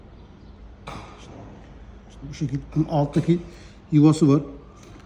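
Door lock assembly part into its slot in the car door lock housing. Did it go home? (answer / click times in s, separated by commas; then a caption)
no / none. During a Volkswagen Jetta / Golf 5 door lock repair, a door lock assembly part is being handled toward its lower slot in the car door lock housing while someone talks. A brief knock is heard at 0.9 s, but the clip ends before the part goes home, so nothing has seated or clicked yet.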